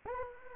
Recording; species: mosquito wingbeat signal from an infrared sensor; Anopheles arabiensis